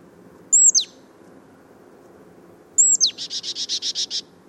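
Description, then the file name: Marsh tit call: a single sharp falling whistle, then after a pause another followed by a rapid string of buzzy notes. "Poecile palustris"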